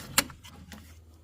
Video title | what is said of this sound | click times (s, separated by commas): BMW X3 X4 X5 X6 Easy BATTERY INSTALLED AND PROGRAM #automobile #diyrepair #mechanic | retainer push down. There you go. Hear that click. | 0.2 s